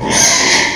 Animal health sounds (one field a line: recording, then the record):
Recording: squeal of a Yucatan mini pig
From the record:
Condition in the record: before surgery on the right vocal fold (resection and tissue-engineered implant)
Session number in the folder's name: 2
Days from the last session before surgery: 0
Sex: male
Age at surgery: 12 weeks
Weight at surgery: 13 kg